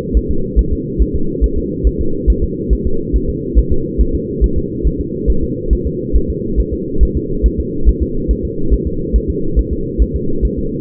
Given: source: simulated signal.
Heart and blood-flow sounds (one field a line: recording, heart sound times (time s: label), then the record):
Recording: fetal heart sounds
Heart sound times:
0.17 s: S1
0.31 s: S2
0.59 s: S1
0.73 s: S2
1.02 s: S1
1.15 s: S2
1.44 s: S1
1.58 s: S2
1.87 s: S1
2.01 s: S2
2.30 s: S1
2.44 s: S2
2.73 s: S1
2.87 s: S2
3.16 s: S1
3.30 s: S2
3.59 s: S1
3.72 s: S2
4.01 s: S1
4.15 s: S2
4.44 s: S1
4.58 s: S2
4.87 s: S1
5.01 s: S2
5.30 s: S1
5.44 s: S2
5.73 s: S1
5.87 s: S2
6.16 s: S1
6.30 s: S2
6.60 s: S1
6.73 s: S2
7.03 s: S1
7.17 s: S2
7.46 s: S1
7.60 s: S2
7.89 s: S1
8.02 s: S2
8.31 s: S1
8.45 s: S2
8.74 s: S1
8.87 s: S2
9.16 s: S1
9.30 s: S2
9.59 s: S1
9.73 s: S2
10.02 s: S1
10.16 s: S2
10.45 s: S1
10.59 s: S2
From the record:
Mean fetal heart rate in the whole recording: 140 bpm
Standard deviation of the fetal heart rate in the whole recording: 2 bpm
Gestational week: 34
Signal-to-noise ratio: -8.1 dB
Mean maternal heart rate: 72 bpm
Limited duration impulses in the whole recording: absent